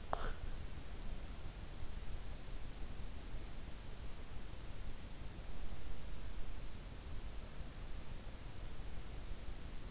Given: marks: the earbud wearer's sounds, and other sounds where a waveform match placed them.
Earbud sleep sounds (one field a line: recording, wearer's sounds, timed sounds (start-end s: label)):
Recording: sounds in sleep by an in-ear microphone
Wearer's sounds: snoring breath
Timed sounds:
0.00-0.91 s: snoring breath